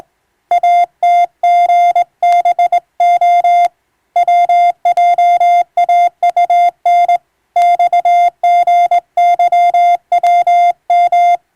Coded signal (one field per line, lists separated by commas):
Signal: Morse code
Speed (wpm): 18 wpm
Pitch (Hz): 700 Hz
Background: music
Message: ATGBO WJAUN XGYWM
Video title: 【モールス無線通信士】懐かしいモールス通信、昭和はラジオでよく聞こえました。船と陸との唯一の通信手段、大変重要な無線通信でした。ハムの受信トレーニングにどうぞ morse code practice